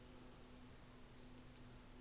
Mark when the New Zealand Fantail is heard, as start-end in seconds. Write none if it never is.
0.00-1.74